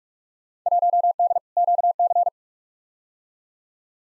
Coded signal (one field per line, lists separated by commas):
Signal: Morse code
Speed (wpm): 46 wpm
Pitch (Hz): 700 Hz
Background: none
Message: 1D QC